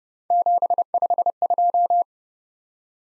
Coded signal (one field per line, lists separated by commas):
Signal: Morse code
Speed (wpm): 30 wpm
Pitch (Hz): 700 Hz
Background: none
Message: 752